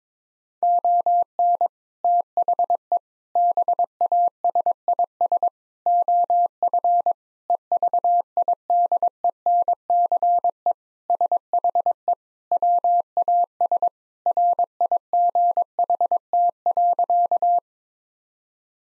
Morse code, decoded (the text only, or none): ON THE BASIS OF EVIDENCE SHE WAS RIGHT.